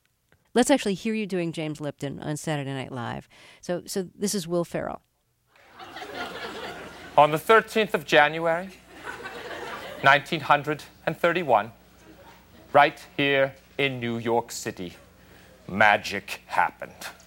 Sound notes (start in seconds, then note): 5.6 soundbite of laughter; 8.8 soundbite of laughter